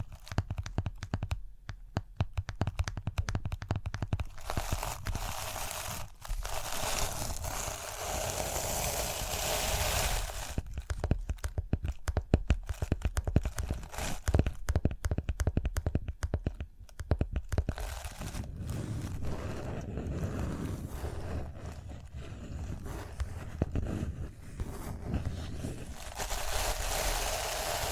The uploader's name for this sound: Rhinestone Tapping, Scratching, Brushing